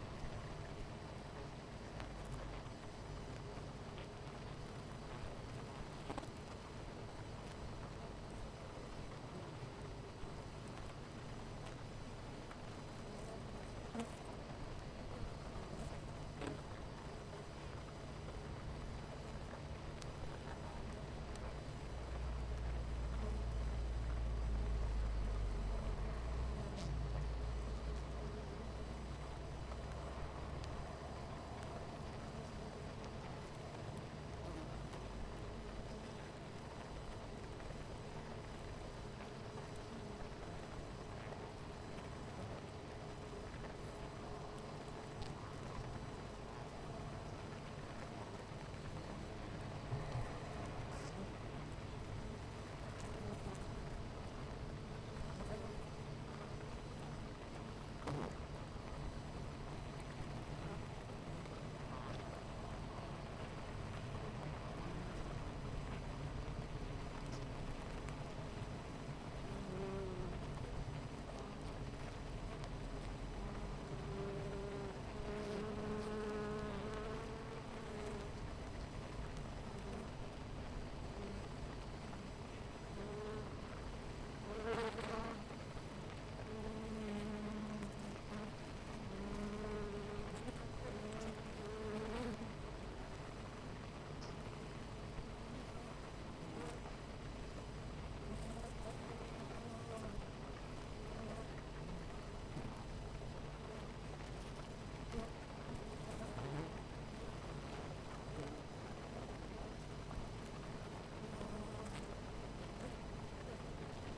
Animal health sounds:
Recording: honeybee colony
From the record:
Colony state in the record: missing queen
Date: 14 July 2017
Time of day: 9:47

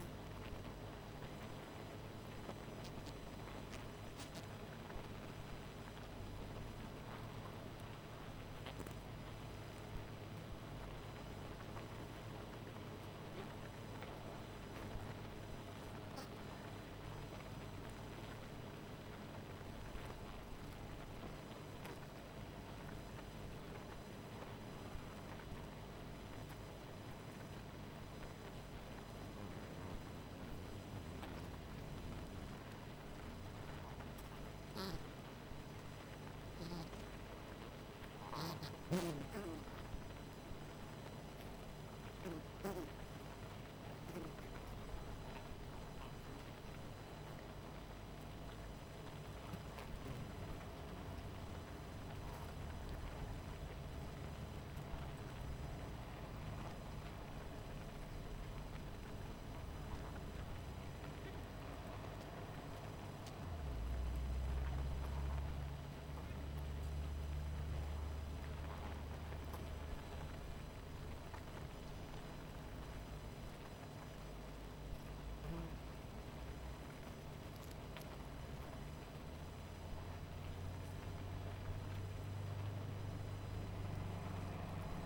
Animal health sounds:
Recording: honeybee colony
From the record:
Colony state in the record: missing queen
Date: 14 July 2017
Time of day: 19:21

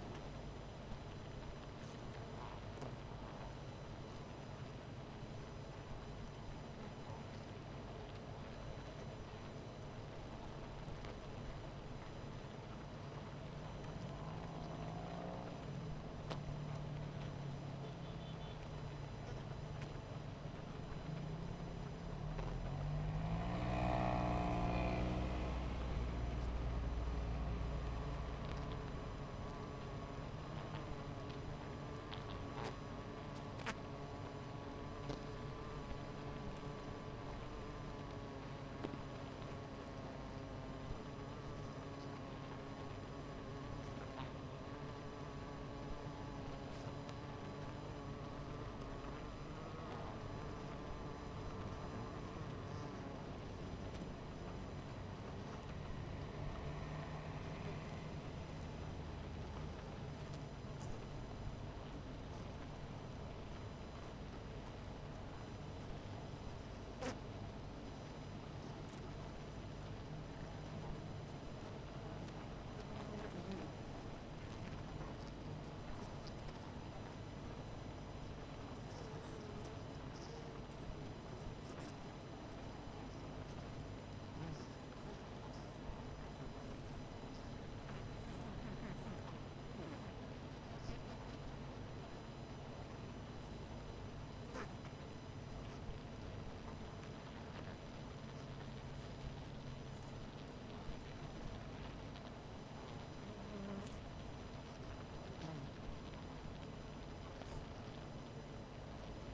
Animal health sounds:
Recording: honeybee colony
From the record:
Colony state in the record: missing queen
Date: 14 July 2017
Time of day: 12:02

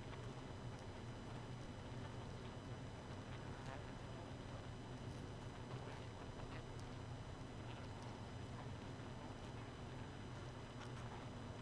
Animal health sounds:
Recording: honeybee colony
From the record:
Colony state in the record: missing queen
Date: 31 May 2018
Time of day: 1:58

